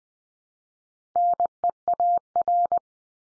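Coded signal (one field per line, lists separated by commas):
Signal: Morse code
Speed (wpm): 20 wpm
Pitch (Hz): 700 Hz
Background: none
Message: NEAR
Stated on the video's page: Computer-generated Morse head-copy drill of the 500 most common English words at 20 wpm, each word sent three times, then spoken, then sent again.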